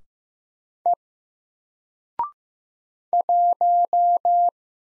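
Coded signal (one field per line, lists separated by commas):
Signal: Morse code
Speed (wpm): 15 wpm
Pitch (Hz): 700 Hz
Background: none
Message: E 1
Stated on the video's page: Single-character Morse practice at 15 wpm covering letters, numbers, punctuation and prosigns; each is sent, spoken, then sent again for head copy.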